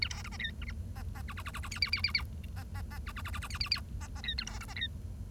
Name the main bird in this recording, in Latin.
Lonchura striata domestica